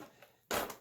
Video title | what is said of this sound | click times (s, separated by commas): Power Force Helix Vacuum by Bissell with Power Rewind (Unboxing / Assembly / Review) | Snaps back into place. | 0.5 s